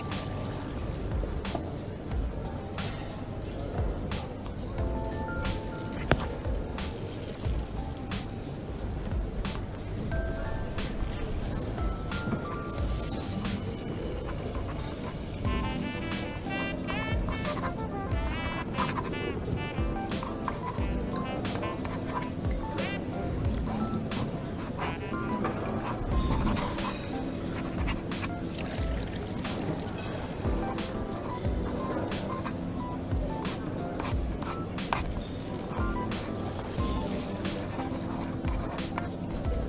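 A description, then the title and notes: Coffee shop ambience: a steady, dense murmur of overlapping voices fills the whole clip with little change in level. Frequent sharp clinks and clatters, like cups and dishes, break through throughout, and a low rumble runs underneath. Coffee shop ambience. Voices. Cutlery.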